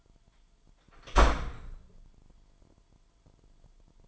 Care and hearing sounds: daily activity, microphone in the room; close door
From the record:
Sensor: 5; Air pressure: 998.5 hPa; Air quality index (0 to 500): 82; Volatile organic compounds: 1 ppm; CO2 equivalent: 928 ppm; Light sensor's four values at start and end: 33/81/34/37 and 33/81/33/37

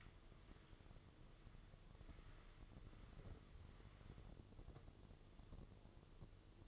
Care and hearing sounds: daily activity, microphone in the room; wipe stove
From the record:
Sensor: 4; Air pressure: 1015.9 hPa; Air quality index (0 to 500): 160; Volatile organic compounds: 5 ppm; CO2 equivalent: 1822 ppm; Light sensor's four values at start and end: 8/19/7/7 and 8/19/7/7

